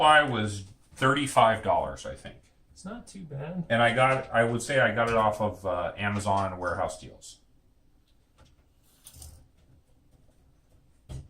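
A screw is being driven into a threaded hole in a PC case. Someone talks for the first seven seconds, followed by near silence broken by two brief sharp ticks around 9.1 and 9.2 seconds and a faint knock near the end. The screws will not tighten down, possibly because they are cheap or cross-threaded, and nothing has seated yet.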